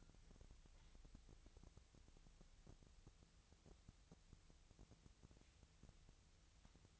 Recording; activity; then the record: daily activity, microphone in the room; wipe stove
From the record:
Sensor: 3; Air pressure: 1001.6 hPa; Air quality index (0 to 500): 224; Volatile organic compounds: 31 ppm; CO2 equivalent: 2970 ppm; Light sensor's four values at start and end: 11/33/14/12 and 11/33/14/12